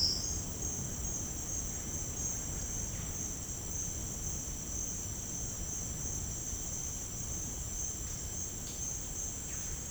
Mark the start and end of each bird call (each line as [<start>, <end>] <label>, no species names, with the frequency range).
[9.29, 9.90] bird call (0.9-4.7 kHz)